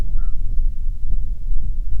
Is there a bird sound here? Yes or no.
yes